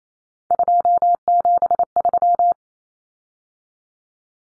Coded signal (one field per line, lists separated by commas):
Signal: Morse code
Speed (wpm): 28 wpm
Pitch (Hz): 700 Hz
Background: none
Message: 273